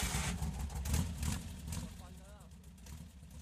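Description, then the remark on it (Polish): An engine is started again, turning over with several rough, uneven bursts, then settles into a steady low rumble while a voice speaks briefly over it. “Weź zapal jeszcze raz.”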